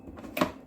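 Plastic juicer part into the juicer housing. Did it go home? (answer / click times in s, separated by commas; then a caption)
yes / 0.4 s. A plastic juicer part is pressed into its slot on a slow juicer housing. Over a quiet background, a single sharp snap rings out at 0.4 seconds as the part seats firmly in place.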